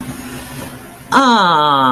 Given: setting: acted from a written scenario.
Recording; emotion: vocal sound without words; awe